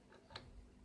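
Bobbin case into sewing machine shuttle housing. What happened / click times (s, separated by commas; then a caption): The small metal part is being handled and has not yet seated / none. A wound bobbin case is handled near its shuttle housing in a Janome L-395F sewing machine. A soft tick is heard at 0.1 s and a sharper tick at 0.4 s. The bobbin case has not seated or clicked into place yet.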